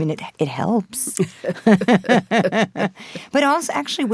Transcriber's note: laughter